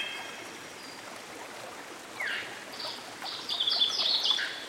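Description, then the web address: Canada warbler song: a rapid, jumbled burst of high, twittering notes near the end, after a few softer notes, over steady rushing stream noise. Recorded by a stream. "Dan Gibson Songbirds By The Stream. Canada Warbler"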